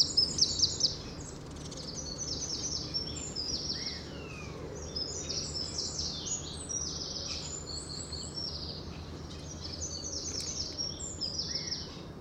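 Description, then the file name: Eurasian wren giving a fast high trill at the outset, then a long stream of rapid, high twittering and rattling notes above a steady low rumble. "Troglodytes troglodytes"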